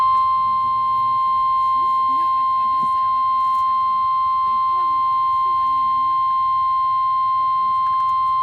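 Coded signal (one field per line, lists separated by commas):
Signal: Emergency Alert System (SAME) tones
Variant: 1050 Hz attention tone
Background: speech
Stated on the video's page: NOAA weather radio station KHB36 on 162.550 MHz from Independent Hill, VA, received on a RadioShack 12-254 weather radio.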